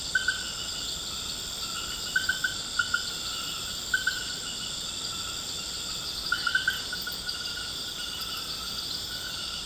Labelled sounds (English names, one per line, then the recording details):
none
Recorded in pastures near Puerto Asís, Putumayo, Colombia, on 19 March 2025 at 22:00
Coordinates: 0.472, -76.329
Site G074